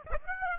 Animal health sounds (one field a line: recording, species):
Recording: mosquito wingbeat signal from an infrared sensor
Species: Aedes aegypti